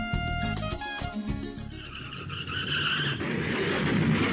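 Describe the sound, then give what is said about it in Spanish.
Tires squeal in a loud, harmonic screech that wavers for a couple of seconds, then give way to a rough, noisy crunch and rumble like a car crash, with no talking. “¡Uy! ¡Mirá cómo quedó el auto! Perdóname, fue mi culpa.”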